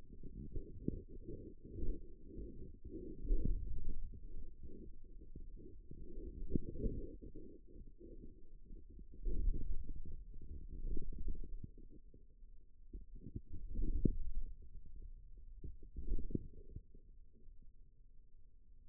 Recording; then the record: forearm muscle sounds (acoustic myography)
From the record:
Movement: wrist extension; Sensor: system 2, bracelet of six BSWA MPA416 microphones around the upper forearm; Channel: 4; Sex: male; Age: 22 years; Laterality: right